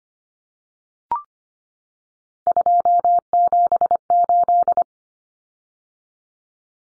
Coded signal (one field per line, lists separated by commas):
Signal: Morse code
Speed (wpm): 25 wpm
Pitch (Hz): 700 Hz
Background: none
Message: 278